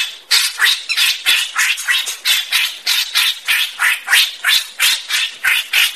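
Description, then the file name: Greater racket-tailed drongo giving a fast run of harsh, scratchy notes, roughly three per second, steady and repetitive throughout. "tieng cheo beo duoi co hot"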